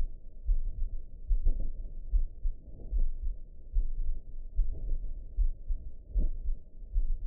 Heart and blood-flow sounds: heart sounds by optical stethoscope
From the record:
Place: aortic valve (AV)

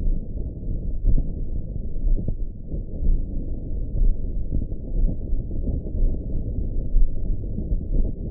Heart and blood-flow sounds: heart sounds by optical stethoscope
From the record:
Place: tricuspid valve (TV)

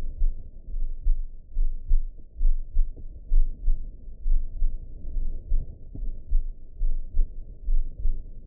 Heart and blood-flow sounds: heart sounds by optical stethoscope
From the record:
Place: aortic valve (AV)

